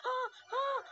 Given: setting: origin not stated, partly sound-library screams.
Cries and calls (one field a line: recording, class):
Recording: one-second piece from a danger detection set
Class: woman in danger